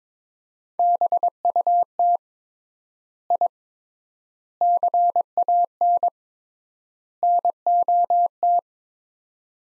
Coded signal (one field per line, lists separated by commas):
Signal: Morse code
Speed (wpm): 22 wpm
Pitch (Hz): 700 Hz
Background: none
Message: BUT I CAN NOT